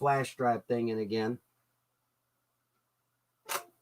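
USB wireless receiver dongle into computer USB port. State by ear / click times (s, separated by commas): not seated / none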